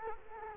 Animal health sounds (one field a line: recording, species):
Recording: mosquito wingbeat signal from an infrared sensor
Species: Culex quinquefasciatus